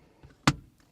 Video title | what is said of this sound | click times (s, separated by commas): Dashcam Botslab G980H : pourquoi elle est INDISPENSABLE + Unboxing + Installation Ducato & Trafic | Et là, ça y est, on a entendu le clipse et donc elle est parfaitement en place. | 0.5 s